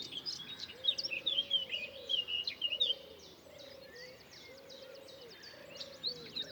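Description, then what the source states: Bird chorus of bright chirps and warbled phrases, loudest early on, while a lower cooing note repeats about once a second underneath. Recorded in the morning.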